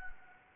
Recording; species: mosquito wingbeat signal from an infrared sensor; Anopheles gambiae